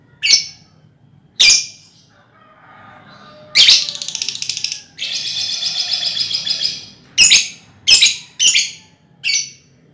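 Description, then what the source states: Lovebird chattering song: sharp shrill chirps, then a long rasping, buzzy high chatter lasting a few seconds, ending in quick separate chirps. Ngekek song, used as a lure song (kicau pancingan).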